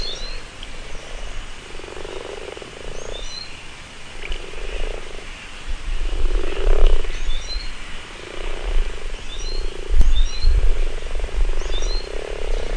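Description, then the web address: Frogs croaking in low rattling bursts, with rumbling low noise and occasional faint bird calls behind. Spring. "lindenbergschule fruehling frog"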